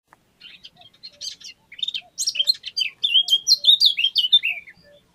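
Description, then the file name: Eurasian blackcap song: a quiet scratchy warble of quick chirps that builds into loud, clear fluty whistled phrases around the middle to end, with faint low notes beneath. "Sylvia atricapilla"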